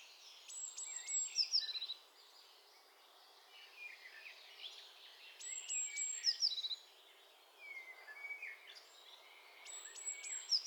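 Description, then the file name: Eurasian blue tit, thin high drawn-out whistles followed by a couple of short dropping notes, repeated three times amid softer chirping from other birds. "Cyanistes caeruleus"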